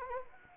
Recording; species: mosquito wingbeat signal from an infrared sensor; Anopheles arabiensis